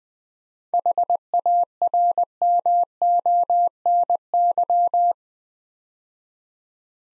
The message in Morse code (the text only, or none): HARMONY